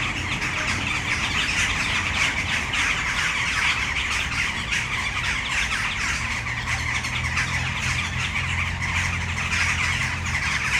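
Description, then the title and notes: Western jackdaws calling as a large group, continuous overlapping short calls forming a busy chatter. Many jackdaws in one tree, city centre of Brno, Czech Republic, at sunset. "Malinovského nám. 571/1, 602 00 Brno-střed-Brno-město, Česko - Western jackdaws at sunset. A tree full of jackdaws in the city center of Brno"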